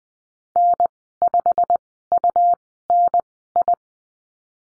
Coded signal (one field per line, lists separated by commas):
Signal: Morse code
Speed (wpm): 20 wpm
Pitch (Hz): 700 Hz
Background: none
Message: N5UNI